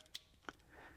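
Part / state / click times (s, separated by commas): 1-inch hex bit into ball-lock screwdriver collet / not seated / none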